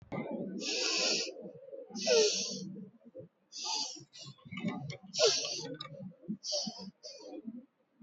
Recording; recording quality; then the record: shallow breathing; excellent, no background noise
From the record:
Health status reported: recovered from COVID-19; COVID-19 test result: negative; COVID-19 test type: RT-PCR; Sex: female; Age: 29 years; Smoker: no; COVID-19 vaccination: both doses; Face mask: worn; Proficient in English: yes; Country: India